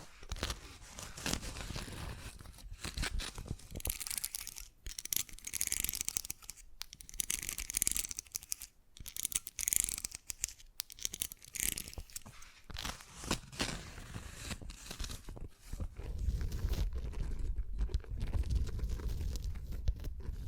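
Fast, unpredictable ASMR triggers of rustling, crinkling and tearing sounds shift every second or so, with abrupt stops and short silent gaps between bursts. Bright crackly textures dominate early, and a heavier low rumbling thump runs through the last five seconds.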